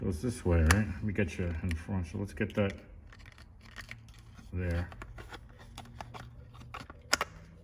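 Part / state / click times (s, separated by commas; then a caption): third brake light assembly clip into hatch / seated / 7.1 s. Someone talks while positioning a plastic part of a Honda CR-V's third brake light assembly at the hatch. Quiet handling follows, with faint ticks and scrapes from about 3.1 to 6.9 s as the part is pushed through. A sharp snap at 7.1 s marks the part seating firmly in place.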